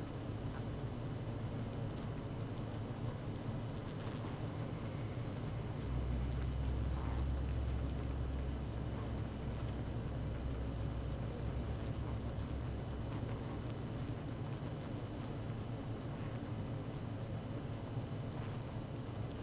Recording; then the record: honeybee colony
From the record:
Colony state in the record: active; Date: 12 June 2018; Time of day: 17:07